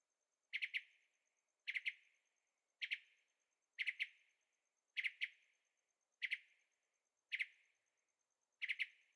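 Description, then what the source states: Bird giving short triple chirps, each burst repeated about once a second in a steady rhythm. Singing at night in Carefree, Arizona; recorded with a Zoom H6 and stereo microphones.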